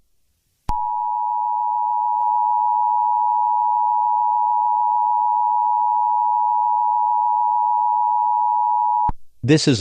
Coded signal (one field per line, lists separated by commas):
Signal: Emergency Alert System (SAME) tones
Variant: 853 and 960 Hz attention tone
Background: speech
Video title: EAS Scenario #18: Trevor Philips Rampage.